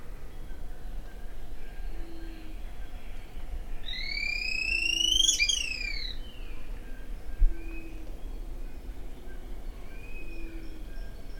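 White-crested spadebill giving one loud, ringing, upslurred note that climbs sharply and falls away abruptly. Soft low hoots sound at regular intervals over a steady background hiss.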